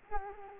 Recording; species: mosquito wingbeat signal from an infrared sensor; Culex quinquefasciatus